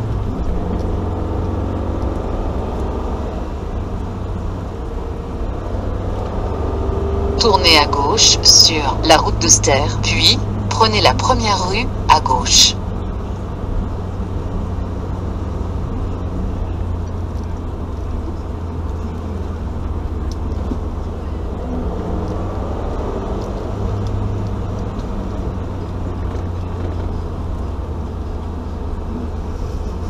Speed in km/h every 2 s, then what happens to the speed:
61, 64, 64, 59, 60, 61, 60, 62, 63, 62, 59, 63, 67, 61, 59.
0-24 steady at about 62. 24-30 slows to 59.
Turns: 17-22.